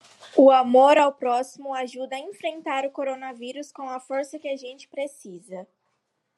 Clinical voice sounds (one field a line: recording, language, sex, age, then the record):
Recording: spoken sentence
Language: Brazilian Portuguese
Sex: female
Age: 20 to 29 years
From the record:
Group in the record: control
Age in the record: 23 years